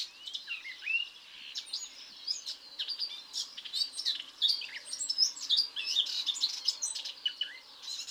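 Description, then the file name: Eurasian blackcap warbling song: rapid, scratchy twittering with thin whistled notes, continuing throughout. "Sylvia atricapilla"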